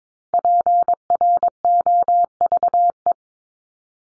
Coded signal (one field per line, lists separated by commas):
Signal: Morse code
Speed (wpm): 22 wpm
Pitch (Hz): 700 Hz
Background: none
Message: PROVE